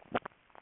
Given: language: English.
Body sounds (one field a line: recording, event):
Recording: throat vibration sensor signal played as sound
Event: swallow